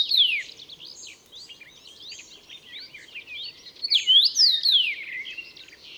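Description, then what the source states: Common rosefinch song, bright whistled phrases of slurred up-and-down notes at the start and again near four seconds, over busy quieter twittering. Recorded 29 May 2014 at Murnauer Moos.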